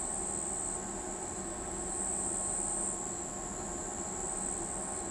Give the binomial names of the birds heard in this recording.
none